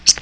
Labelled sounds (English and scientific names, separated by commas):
Common Yellowthroat (Geothlypis trichas) flight call